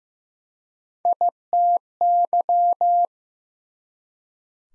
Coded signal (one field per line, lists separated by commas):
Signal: Morse code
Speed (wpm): 15 wpm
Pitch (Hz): 700 Hz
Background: none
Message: ITY